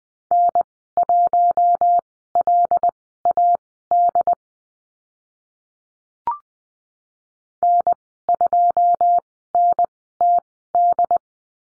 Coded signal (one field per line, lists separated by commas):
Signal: Morse code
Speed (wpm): 20 wpm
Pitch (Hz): 700 Hz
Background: none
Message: N1LAD N2NTD